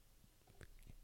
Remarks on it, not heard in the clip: Hiccups are, according to the dictionary, is an involuntary spasm of the diaphragm and respiratory organs with a sudden closure of the glottis and characteristic sound like that of a cough. You know how sometimes you're doing absolutely nothing in particular and then you. You can't stop doing that sound or making that sound, I should say. We call that the hiccups.